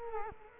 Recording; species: mosquito wingbeat signal from an infrared sensor; Culex quinquefasciatus